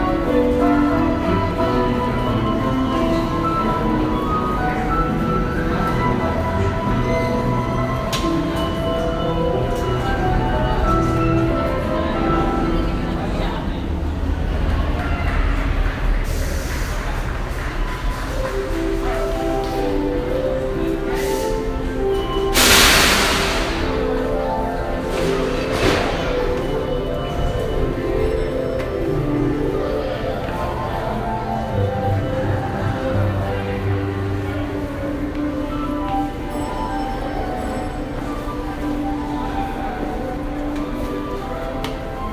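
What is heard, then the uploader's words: A busy subway station under Times Square, with a dense, steady din of crowd voices and rumbling trains throughout. Sustained ringing, metallic tones shift and overlap, and sharp hissing bursts stand out around 16, 23 and 26 seconds. Times Square Subway.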